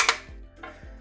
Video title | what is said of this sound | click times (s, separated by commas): Solar powered Off Grid WiFi | And this has guides for so if you just push it on, it should click in. | 0.1 s, 0.6 s